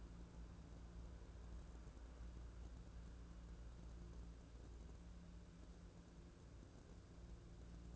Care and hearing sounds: daily activity, microphone in the room; wipe stove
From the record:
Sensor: 2

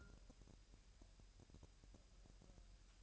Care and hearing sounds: daily activity, microphone in the room; take from stove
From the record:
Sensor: 2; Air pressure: 1001.8 hPa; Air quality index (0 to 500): 242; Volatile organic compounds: 32 ppm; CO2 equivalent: 3002 ppm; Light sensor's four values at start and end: 5/11/4/4 and 5/11/4/4

